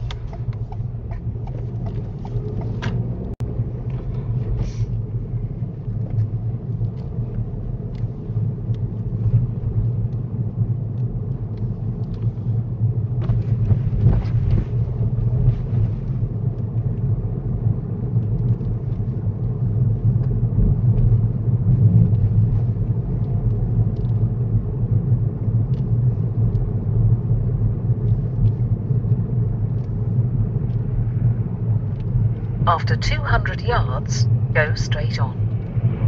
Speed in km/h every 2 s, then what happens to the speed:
18, 23, 21, 23, 23, 23, 21, 24, 26, 24, 23, 24, 24, 24, 24, 19, 21, 19.
0-36 steady at about 23.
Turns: none.